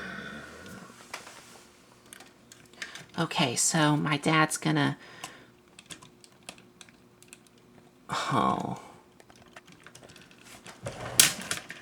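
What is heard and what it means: Someone talks while pushing a plastic part, apparently the head, into its socket on the combined body of a Transformers Generation 1 Computron toy robot, with scattered light plastic clicks and taps throughout. A sharp, loud snap at 11.2 s marks the part seating into place.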